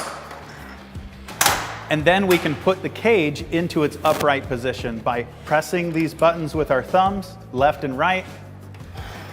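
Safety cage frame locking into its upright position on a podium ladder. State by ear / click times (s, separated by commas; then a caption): not seated / none. Someone talks over background music while the locking buttons on the left and right of a Little Giant Safety Cage 2.0 podium ladder's metal safety cage are pressed with the thumbs to bring the cage into its upright position. A sharp handling knock sounds at about 1.4 s. The cage has not yet slid up and locked; nothing has seated or clicked yet.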